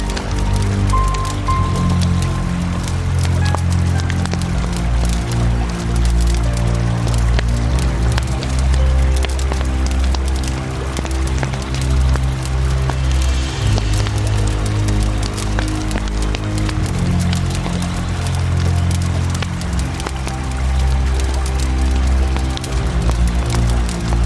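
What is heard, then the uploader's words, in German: A campfire by the Isar crackles with frequent sharp snaps over a steady, dense rush of flowing river water with a deep low rumble. Isarauen bei München. Aufnahme von der Isar mit einem gemütlichen Lagerfeuer.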